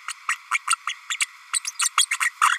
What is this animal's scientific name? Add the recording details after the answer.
Forpus passerinus. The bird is a female. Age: 32 days. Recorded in a nest box in Venezuela. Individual 17B32A5